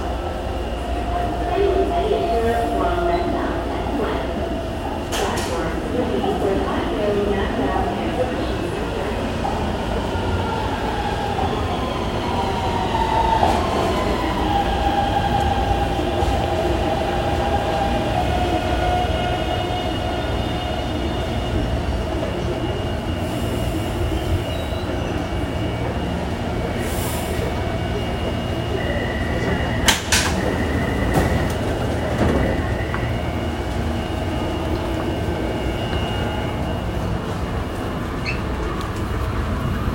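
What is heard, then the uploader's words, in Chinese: A metro ride on the way to work from Taipei Main Station: a steady, dense low rumble of the train runs throughout. Whining pitches rise and fall as the car moves, with sharp clanks near 5, 13 and 30 seconds and a brief tone around 30 seconds. 從台北車站搭捷運上班。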